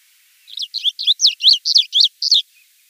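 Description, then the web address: Striated bunting singing one brisk phrase of about nine quick, high, chirpy notes, evenly spaced over two seconds, each note sliding up and down. "Schulze Peter Striated Bunting song"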